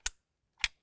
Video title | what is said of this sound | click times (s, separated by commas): FIXED - No Start - Ignition Switch Housing | There we go. Clicks right in, a little bit of wiggle of the key. | 0.1 s